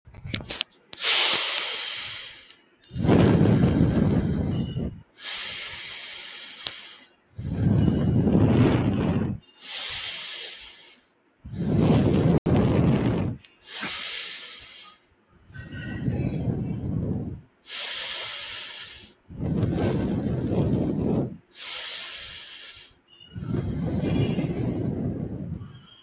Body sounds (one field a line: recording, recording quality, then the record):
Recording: deep breathing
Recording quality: excellent, no background noise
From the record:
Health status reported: healthy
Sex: male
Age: 25 years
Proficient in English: yes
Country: India